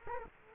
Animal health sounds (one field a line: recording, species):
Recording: mosquito wingbeat signal from an infrared sensor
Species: Culex quinquefasciatus